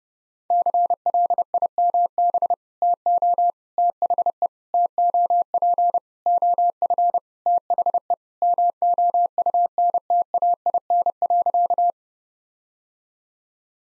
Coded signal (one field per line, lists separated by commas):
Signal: Morse code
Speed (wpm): 32 wpm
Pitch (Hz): 700 Hz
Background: none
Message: CLIMB TO THE TOP OF THE MOUNTAIN.